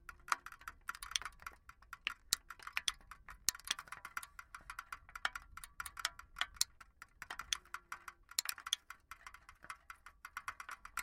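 Empty aluminum cans are handled and knocked together, giving a dense, irregular run of sharp, bright clicks and tinny taps throughout. The metallic crinkle rings in the upper middle, with brief louder clacks scattered across the clip and a faint low hum underneath.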